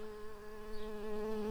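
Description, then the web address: Early bumblebee buzzing with a steady drone at an even pitch. Workers. "Pratorum workers"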